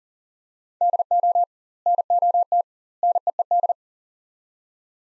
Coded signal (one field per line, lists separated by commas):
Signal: Morse code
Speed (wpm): 40 wpm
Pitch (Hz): 700 Hz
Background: none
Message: DO NOT NEED